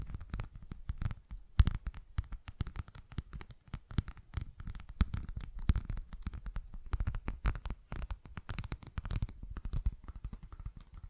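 Dense, irregular tapping and scratching with sharp clicks and low thumps, continuing without pause, a few louder knocks near two and five seconds.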